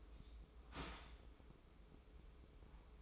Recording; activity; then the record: daily activity, microphone in the room; start toaster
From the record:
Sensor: 1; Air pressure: 995.3 hPa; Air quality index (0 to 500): 25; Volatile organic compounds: 0 ppm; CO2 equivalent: 500 ppm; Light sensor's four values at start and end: 17/56/20/22 and 17/57/21/22